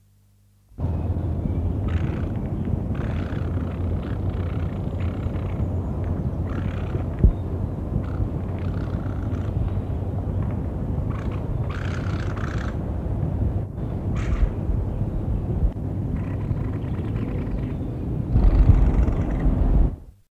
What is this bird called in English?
Mistle Thrush